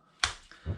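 The latch on a pistol conversion chassis is brought back up and snaps closed with one sharp, bright click at 0.2 s. A fainter tick follows at 0.5 s, then a low, dull thump around 0.7 s. The latch is seated and closed.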